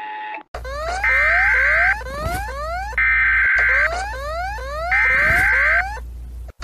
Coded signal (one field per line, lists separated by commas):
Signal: Emergency Alert System (SAME) tones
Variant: header bursts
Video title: Eas alarm animated MIXED series 1,2,3 (33 episodes)